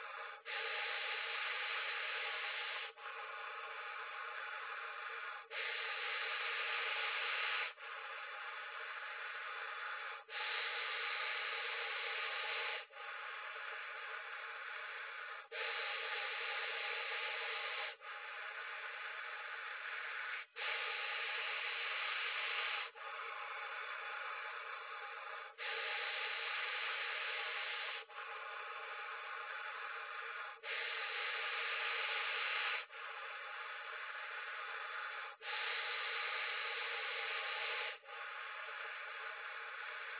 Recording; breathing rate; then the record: paced breathing near a phone; 12 breaths a minute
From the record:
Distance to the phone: 40 cm